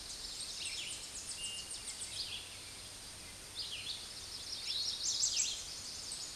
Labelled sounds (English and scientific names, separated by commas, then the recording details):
Red-eyed Vireo (Vireo olivaceus) song
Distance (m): 30 m
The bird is about 20 m above the microphone
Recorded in a Pennsylvania forest on 16 May 2024 at 06:41
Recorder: AudioMoth, point MSD-0398
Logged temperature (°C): 16.4 °C
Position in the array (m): 164 m, 73 m